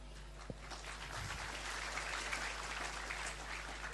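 An audience bursts into applause, a dense, steady wash of many hands clapping that holds at an even level for several seconds, with a low hum underneath and no talking.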